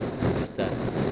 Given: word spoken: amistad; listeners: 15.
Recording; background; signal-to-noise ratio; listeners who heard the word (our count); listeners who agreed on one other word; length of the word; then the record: one Spanish word in noise, from a listening test; noise modulated by three-talker babble; -7.3 dB; 2 of 15; 9 of 15; 0.72 s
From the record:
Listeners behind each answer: 9, 2, 1, 1, 1, 1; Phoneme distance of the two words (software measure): 34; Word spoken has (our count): 3 syllables, 7 phonemes, stress on syllable 3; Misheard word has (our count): 2 syllables, 5 phonemes, stress on syllable 2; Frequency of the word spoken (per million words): 40.24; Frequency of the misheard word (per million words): 303.37